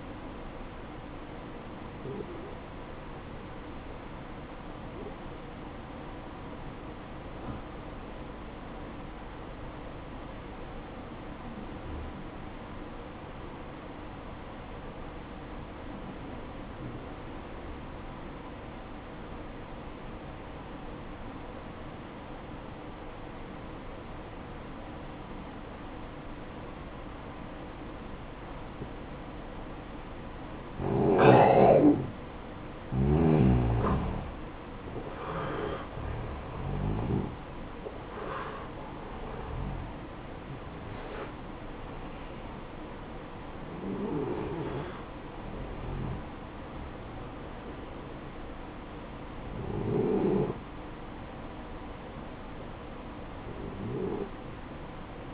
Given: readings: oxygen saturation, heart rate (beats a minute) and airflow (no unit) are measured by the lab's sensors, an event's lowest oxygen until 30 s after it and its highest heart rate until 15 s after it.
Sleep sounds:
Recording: breathing in sleep by a voice recorder at the bedside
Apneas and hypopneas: 1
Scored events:
6.00-31.30 s: obstructive apnea (N2, oxygen 95% highest, then 89% lowest, heart rate 57 at the start, 72 highest)
6.00-36.00 s: new sleep stage, N2 (light sleep)
36.00-55.34 s: new sleep stage, N1 (lightest sleep)
From the record:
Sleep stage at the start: N1 (lightest sleep)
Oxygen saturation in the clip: 89 to 95%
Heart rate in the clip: 54 to 72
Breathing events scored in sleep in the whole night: 573 in 9.8 hours asleep

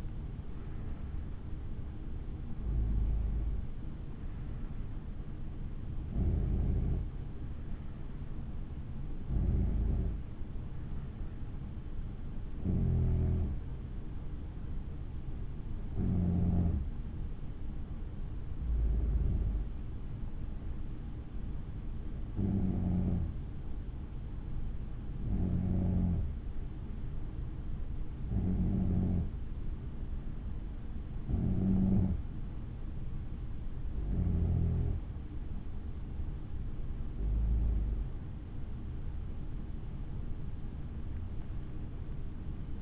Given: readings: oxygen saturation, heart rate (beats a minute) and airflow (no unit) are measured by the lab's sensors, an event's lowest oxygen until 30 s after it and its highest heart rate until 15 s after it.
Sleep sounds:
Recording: breathing in sleep by a smartphone at the bedside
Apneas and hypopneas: 1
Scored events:
1.00-42.82 s: new sleep stage, N2 (light sleep)
21.00-34.70 s: hypopnea (N2, oxygen 95% highest, then 93% lowest, heart rate 58 at the start, 67 highest)
From the record:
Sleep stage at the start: N3 (deep sleep)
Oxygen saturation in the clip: 93 to 95%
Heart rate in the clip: 57 to 64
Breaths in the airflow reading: 13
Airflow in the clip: -5.9 to 6.8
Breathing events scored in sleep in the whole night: 216 in 7.0 hours asleep

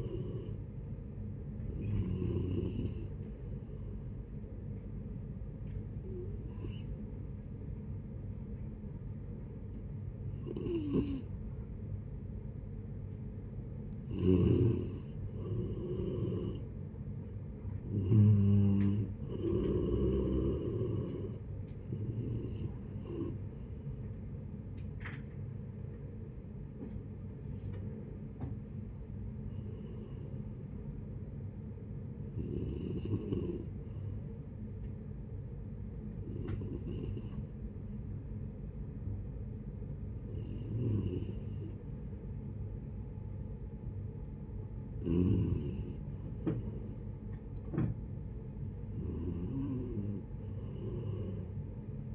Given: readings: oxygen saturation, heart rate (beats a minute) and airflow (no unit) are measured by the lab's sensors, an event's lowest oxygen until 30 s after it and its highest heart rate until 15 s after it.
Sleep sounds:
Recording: breathing in sleep by a smartphone at the bedside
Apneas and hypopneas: 2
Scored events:
3.00-13.20 s: hypopnea (N3, oxygen 92% highest, then 88% lowest, heart rate 74 at the start, 77 highest)
14.00-52.15 s: new sleep stage, N2 (light sleep)
34.00-44.70 s: hypopnea (N2, oxygen 94% highest, then 91% lowest, heart rate 67 at the start, 76 highest)
From the record:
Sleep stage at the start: N3 (deep sleep)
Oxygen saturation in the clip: 88 to 94%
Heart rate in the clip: 66 to 77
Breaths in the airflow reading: 12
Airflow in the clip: -8.3 to 12.1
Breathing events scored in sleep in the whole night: 496 in 5.4 hours asleep

